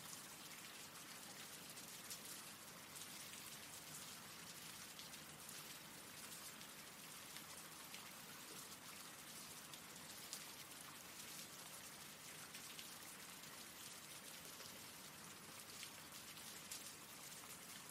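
Rain falls in a steady, dense hiss that holds at the same level for the whole stretch. The sound sits mostly in the bright upper range, with fine drop patter throughout and a soft low rumble underneath, and no separate events stand out.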